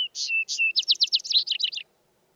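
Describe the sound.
Vesper sparrow song starting abruptly with buzzy notes that break into a quick, dry, tumbling trill.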